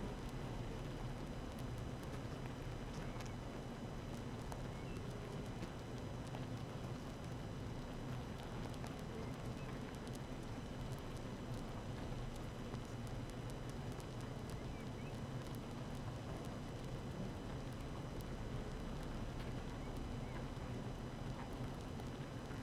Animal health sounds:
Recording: honeybee colony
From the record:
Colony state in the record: active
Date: 12 June 2018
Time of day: 7:19

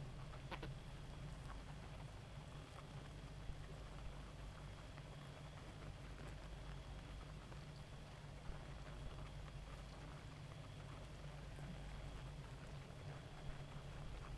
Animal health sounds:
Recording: honeybee colony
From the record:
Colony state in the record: active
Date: 28 July 2017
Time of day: 1:26

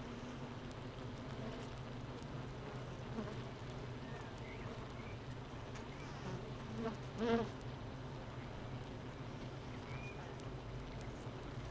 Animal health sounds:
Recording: honeybee colony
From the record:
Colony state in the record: missing queen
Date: 31 May 2018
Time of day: 7:52

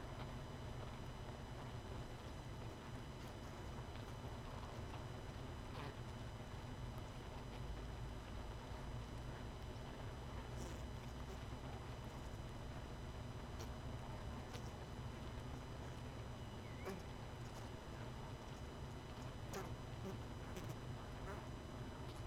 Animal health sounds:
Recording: honeybee colony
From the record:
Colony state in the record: missing queen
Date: 31 May 2018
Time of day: 19:09

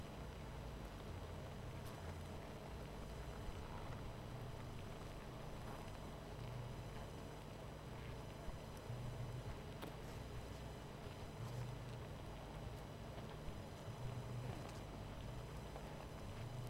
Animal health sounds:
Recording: honeybee colony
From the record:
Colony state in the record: missing queen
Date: 14 July 2017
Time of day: 23:10

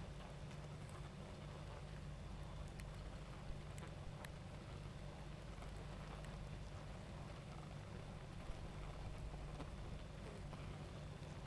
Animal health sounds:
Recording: honeybee colony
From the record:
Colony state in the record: active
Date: 28 July 2017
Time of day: 21:24

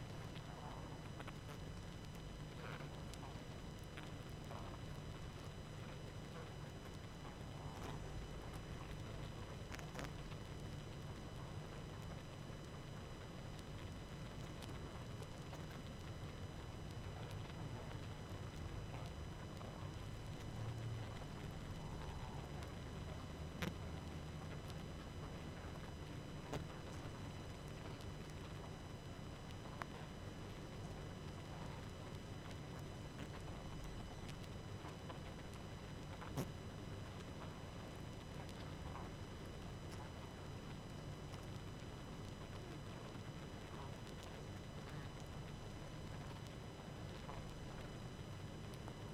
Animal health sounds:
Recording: honeybee colony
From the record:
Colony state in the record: active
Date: 12 June 2018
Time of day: 20:16

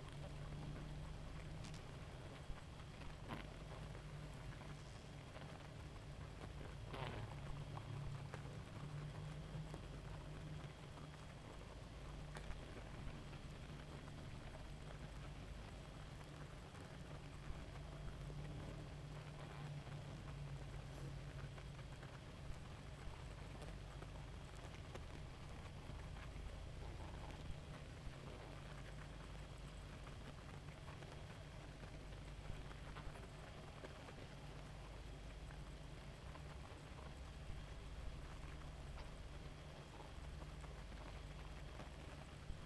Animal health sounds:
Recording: honeybee colony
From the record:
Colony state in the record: active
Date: 28 July 2017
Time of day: 0:29

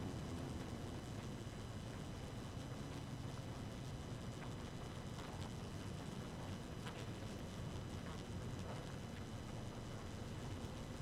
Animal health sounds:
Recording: honeybee colony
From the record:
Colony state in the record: active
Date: 12 June 2018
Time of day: 1:50

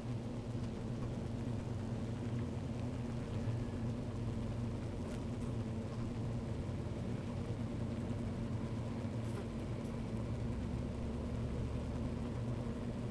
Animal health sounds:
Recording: honeybee colony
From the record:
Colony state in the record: active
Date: 28 July 2017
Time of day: 13:01

